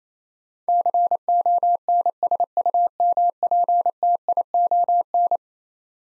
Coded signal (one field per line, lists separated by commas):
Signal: Morse code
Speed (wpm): 27 wpm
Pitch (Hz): 700 Hz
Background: none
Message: CONSUMPTION